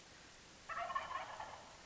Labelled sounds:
Wild Turkey
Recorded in Sonoma County, California

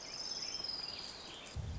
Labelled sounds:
Orange-crowned Warbler
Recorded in Sonoma County, California

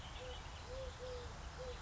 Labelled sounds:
Eurasian Collared Dove
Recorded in Sonoma County, California

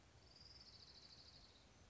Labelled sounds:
Orange-crowned Warbler
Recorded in Sonoma County, California

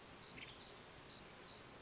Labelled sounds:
Western Tanager
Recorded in Sonoma County, California

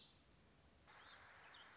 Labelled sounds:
Warbling Vireo
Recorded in Sonoma County, California

